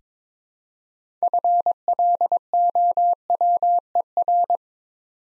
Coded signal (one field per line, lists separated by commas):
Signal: Morse code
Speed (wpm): 22 wpm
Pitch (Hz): 700 Hz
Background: none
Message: FLOWER